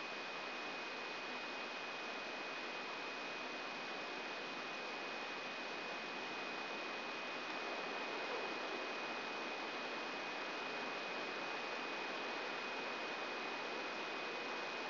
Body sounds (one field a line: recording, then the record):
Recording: brain microelectrode recording played as sound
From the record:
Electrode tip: inside the subthalamic nucleus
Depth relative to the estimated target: 1 mm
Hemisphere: right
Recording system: AlphaMap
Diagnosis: Parkinson's disease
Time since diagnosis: 7 years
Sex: female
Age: 56 years